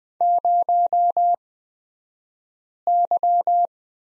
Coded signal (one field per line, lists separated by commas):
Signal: Morse code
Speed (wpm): 20 wpm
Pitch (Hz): 700 Hz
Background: none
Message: 0Y